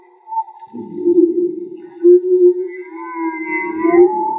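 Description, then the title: Whale moan held steady, turning to rough groaning, with a higher wavering whine in the second half. Field recording made with DIY hydrophones built by the recordist; audio cleaned afterward. "CANTO DE BALLENAS MAGMA"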